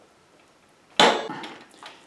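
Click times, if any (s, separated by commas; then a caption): 1.0 s. With one hand holding the wheel and the other pulling hard on the cranks, a drivetrain part on a Yeti mountain bike is locked into place. After near silence, a single loud, sharp knock hits at 1.0 s, followed by fainter trailing rattles around 1.3 s and 1.9 s. The part seats at 1.0 s.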